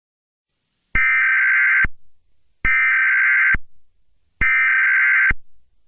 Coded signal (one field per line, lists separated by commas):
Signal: Emergency Alert System (SAME) tones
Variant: header bursts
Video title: EAS Scenario #41: All Falls Down